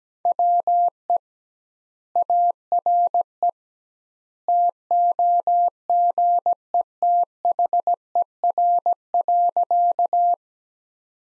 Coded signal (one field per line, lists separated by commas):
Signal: Morse code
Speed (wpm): 17 wpm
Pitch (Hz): 700 Hz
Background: none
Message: WE ARE TOGETHER.